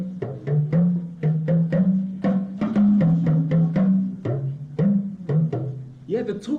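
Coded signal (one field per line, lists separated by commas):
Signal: talking drum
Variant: Yoruba dùndún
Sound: quick series of low drum strokes whose pitch rises and falls like speech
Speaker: the talking drum from the Yoruba people from the southwest of Nigeria. This one is also a very important form of non-verbal communication. Yeah, because this drum, it makes such wonderful sounds, but we say things on it that are really important.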